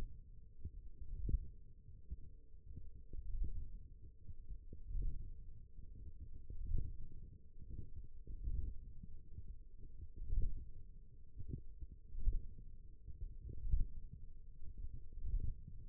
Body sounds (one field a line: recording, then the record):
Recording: forearm muscle sounds (acoustic myography)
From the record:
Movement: hook grip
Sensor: system 1, eight BSWA MPA416 microphones around the upper forearm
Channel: 3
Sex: female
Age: 20 years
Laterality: right